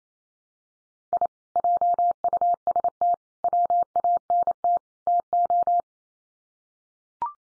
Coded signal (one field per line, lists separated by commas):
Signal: Morse code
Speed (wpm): 28 wpm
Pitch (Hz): 700 Hz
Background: none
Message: I JUST WANT TO